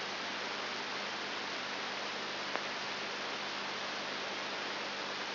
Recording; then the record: brain microelectrode recording played as sound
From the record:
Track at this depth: inside the subthalamic nucleus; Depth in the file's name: 4.901 mm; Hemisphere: left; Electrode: 3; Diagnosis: Parkinson's disease